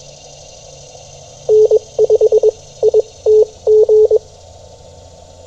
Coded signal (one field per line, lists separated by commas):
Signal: Morse code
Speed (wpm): 21 wpm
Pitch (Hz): 430 Hz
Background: none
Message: N5ITG